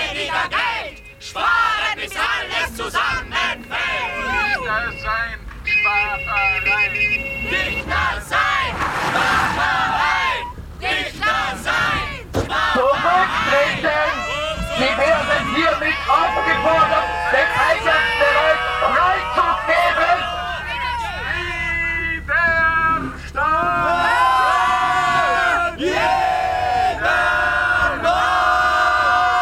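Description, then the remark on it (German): A large crowd shouts at a rally, many voices overlapping in a loud, sustained roar of yells and chants that keeps up without pause, with individual cries rising above the din. “Also eine Kundgebung.”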